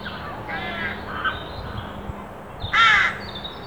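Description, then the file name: Carrion crow caw, a single loud, harsh, drawn-out call after two quieter rasping caws, against a low hum and hiss. "Corvus corone"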